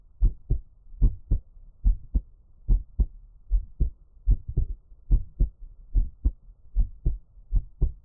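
An adult's own heartbeat, close-miked: a normal heartbeat with steady paired beats.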